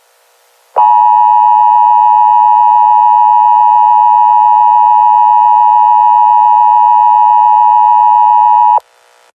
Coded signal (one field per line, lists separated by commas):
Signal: Emergency Alert System (SAME) tones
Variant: 853 and 960 Hz attention tone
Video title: Caillou makes a fake tornado warning and gets grounded (SERIES FINALE)